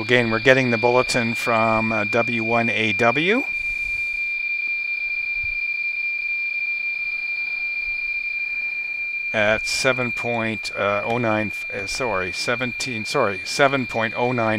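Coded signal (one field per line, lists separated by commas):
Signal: PSK31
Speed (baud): 31.25 baud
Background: speech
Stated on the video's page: Received on 40m with an RTL-SDR; RTTY45, BPSK31 and CW signals from the ARRL station.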